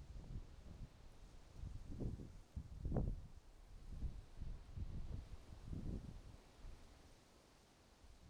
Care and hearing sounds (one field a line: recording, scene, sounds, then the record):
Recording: everyday scene through a hearing-aid microphone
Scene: wind on the microphone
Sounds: wind, traffic, birds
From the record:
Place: suburban garden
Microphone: in the ear canal, right